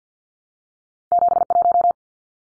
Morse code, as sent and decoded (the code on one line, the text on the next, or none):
--... .----
71